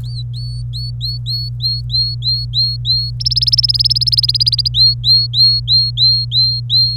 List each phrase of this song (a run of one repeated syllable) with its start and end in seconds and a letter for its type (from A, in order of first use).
0.03-3.10 A, 3.20-4.68 B, 4.74-6.96 A